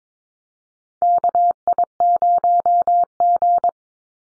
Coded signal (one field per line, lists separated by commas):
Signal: Morse code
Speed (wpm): 22 wpm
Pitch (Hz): 700 Hz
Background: none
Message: KI0G